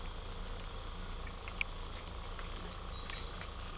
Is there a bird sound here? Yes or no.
no